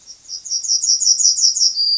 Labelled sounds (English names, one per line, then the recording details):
Yellowhammer song
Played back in grassland
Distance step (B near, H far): B
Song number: 043